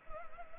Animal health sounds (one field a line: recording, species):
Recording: mosquito wingbeat signal from an infrared sensor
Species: Anopheles arabiensis